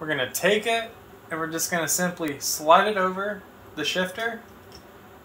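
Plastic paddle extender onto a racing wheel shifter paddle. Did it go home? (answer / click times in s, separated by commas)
no / none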